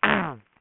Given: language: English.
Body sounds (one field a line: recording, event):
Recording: throat vibration sensor signal played as sound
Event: throat clearing